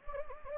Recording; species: mosquito wingbeat signal from an infrared sensor; Anopheles gambiae